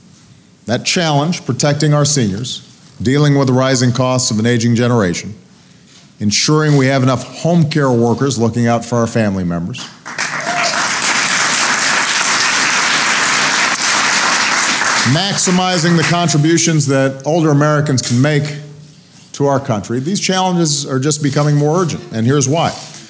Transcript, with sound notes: That challenge -- protecting our seniors, dealing with the rising costs of an aging generation, ensuring we have enough home care workers looking out for our family members -- (applause) -- maximizing the contributions that older Americans can make to our country -- these challenges are just becoming more urgent.
And here's why.